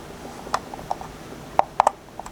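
A plastic or die-cast part of an Eaglemoss Eleanor scale model car door assembly is pressed in behind the model door handle, with a few light ticks early on, then a cluster of sharp clicks. The part snaps into place with a crisp click at 1.8 s, flanked by smaller clicks around 1.6 s and 1.9 s, and is seated.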